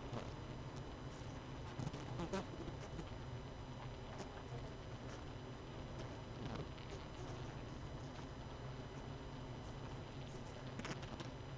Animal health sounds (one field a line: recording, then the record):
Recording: honeybee colony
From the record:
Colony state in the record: missing queen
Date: 31 May 2018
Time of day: 18:23